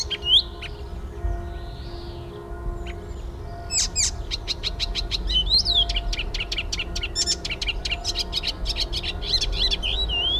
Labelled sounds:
Icterine Warbler song
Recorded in the wild
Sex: male
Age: adult
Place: Erlangen, Bayern, DE
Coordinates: 49.6094, 11.0097
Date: 1960-06-05
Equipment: Maihak, Original, Vollspur
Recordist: Tretzel, Erwin

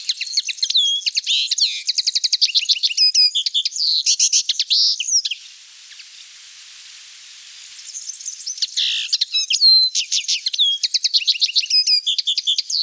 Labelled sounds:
Common Linnet song
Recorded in the wild
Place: Félines/Ardèche, FR
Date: 1991-05-08
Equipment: Dat-Recorder Casio DA 7, Telinga M2, stereo, Telinga-Parabolspiegel
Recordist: Schwarz, Dieter

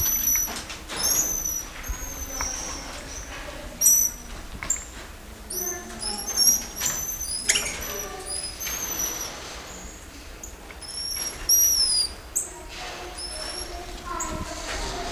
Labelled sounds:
Goeldi's Marmoset
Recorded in captivity
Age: adult
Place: Tiergarten Schönbrunn, Wien, AT
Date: 1999-11-09 16:15
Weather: bedeckt, ca. 6°C
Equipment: Sony WM-D6C, Sennheiser ME 80, Kopie Uher 4000 Report Monitor
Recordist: Tembrock, Günter
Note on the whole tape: Diverse Lautformen, Tiere am Gitter. Im Affenhaus

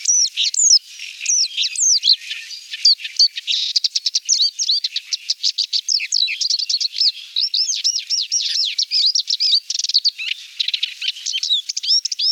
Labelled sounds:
Paddyfield Warbler song
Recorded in the wild
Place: Damtschik/Wolgadelta, RU
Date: 1998-05-15
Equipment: Dat-Recorder Casio DA 7, Telinga DAT, Telinga-Parabolspiegel
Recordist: Schwarz, Dieter

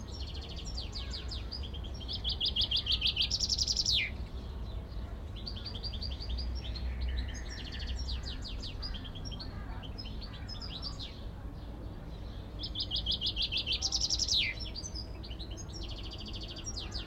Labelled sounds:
Common Chaffinch
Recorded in the wild
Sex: male
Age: adult
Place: Zoo Berlin, Berlin, DE
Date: 1994-05-28 12:43
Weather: bedeckt, 12-15°C
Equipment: Marantz CP 430, Sennheiser ME 80, Kopie Uher Variocord 263
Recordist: Tembrock, Günter

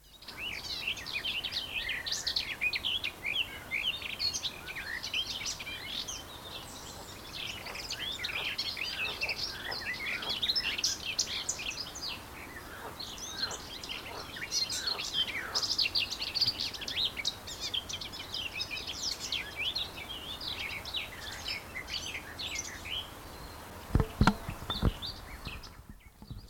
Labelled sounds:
Garden Warbler
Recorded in the wild
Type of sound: song, call, call sequence, twittering
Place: Karower Teiche, Naturpark Barnim, Berlin, DE
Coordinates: 52.623, 13.46
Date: 1992-06-14 10:12
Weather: sonnig (heiter), 19-22°C
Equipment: Nagra SN, Mikrofon AKG CK 8, Kopie Tesla B 116
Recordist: Tembrock, Günter
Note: Karower Fischteiche: Gesang im Erlenstreifen

